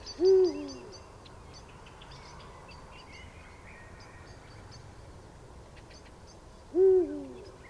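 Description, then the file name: Eurasian eagle-owl giving two deep, low hoots, one near the start and one near the end, separated by a long pause, with faint high chirps of small birds in the background. Recorded at Landshut on 28 February 2015. "Uhu 28 02 2015 Landshut Susanne Rieck"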